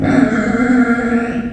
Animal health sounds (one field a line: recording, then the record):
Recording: squeal of a Yucatan mini pig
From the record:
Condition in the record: after surgery on the right vocal fold (resection and tissue-engineered implant)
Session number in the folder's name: 3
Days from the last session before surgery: 21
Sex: female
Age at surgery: 19 weeks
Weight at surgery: 25 kg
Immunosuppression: prednisolone